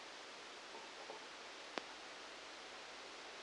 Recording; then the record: brain microelectrode recording played as sound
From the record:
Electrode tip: outside the subthalamic nucleus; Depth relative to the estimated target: -10 mm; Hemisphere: right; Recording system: NeuroSet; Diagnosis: Parkinson's disease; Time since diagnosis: 19 years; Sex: female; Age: 69 years